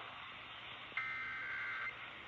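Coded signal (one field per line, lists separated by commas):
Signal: Emergency Alert System (SAME) tones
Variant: header bursts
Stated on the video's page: Weekly EAS tests aired by a broadcast station.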